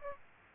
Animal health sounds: mosquito wingbeat signal from an infrared sensor; Aedes aegypti

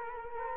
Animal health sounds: mosquito wingbeat signal from an infrared sensor; Culex quinquefasciatus

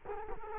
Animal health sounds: mosquito wingbeat signal from an infrared sensor; Culex quinquefasciatus

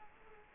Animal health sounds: mosquito wingbeat signal from an infrared sensor; Culex quinquefasciatus

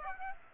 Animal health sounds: mosquito wingbeat signal from an infrared sensor; Aedes aegypti

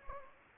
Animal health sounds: mosquito wingbeat signal from an infrared sensor; Anopheles gambiae

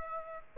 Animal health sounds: mosquito wingbeat signal from an infrared sensor; Aedes aegypti

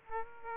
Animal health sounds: mosquito wingbeat signal from an infrared sensor; Aedes aegypti

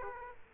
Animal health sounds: mosquito wingbeat signal from an infrared sensor; Aedes aegypti

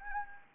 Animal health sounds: mosquito wingbeat signal from an infrared sensor; Anopheles gambiae

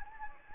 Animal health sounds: mosquito wingbeat signal from an infrared sensor; Anopheles gambiae

